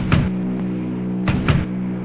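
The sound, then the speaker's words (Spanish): Three dull knocks from outside on a just-closed airplane door: a single rap, a pause of about a second, then two quick raps in succession, all over a steady low hum. “El ruido era de afuera, de la puerta recién cerrada.”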